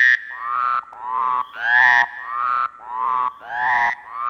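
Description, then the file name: Frog giving loud grating croaks in long buzzy bursts, higher rising notes alternating with lower ones, continuous with short gaps. "Kearns Corrected Thesis DIGITAL APPENDIX H Frogs"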